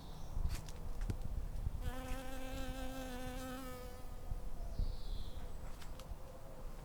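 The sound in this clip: Bumblebee buzzing, a steady low droning hum lasting about two seconds with rich harmonics, with faint bird chirps before and after over a rustling background.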